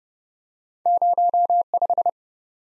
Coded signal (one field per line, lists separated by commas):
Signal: Morse code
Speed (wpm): 28 wpm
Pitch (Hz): 700 Hz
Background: none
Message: 05